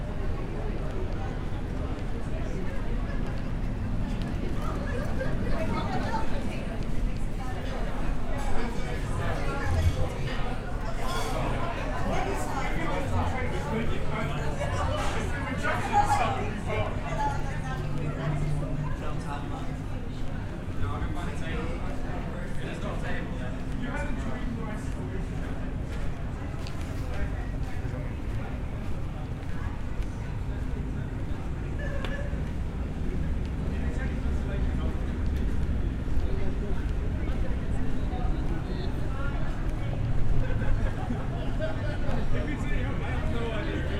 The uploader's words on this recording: Binaural Roman City Walk. Walk through the historic city of Bath. Echoing footsteps, distant chatter, and bustling crowds. This binaural field recording captures the essence of Bath's Roman heritage.